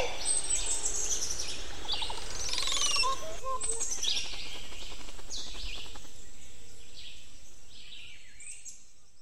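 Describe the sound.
Montezuma oropendola song: liquid notes and sweeps in the first half, fading later, with other birds chirping and steady background hiss.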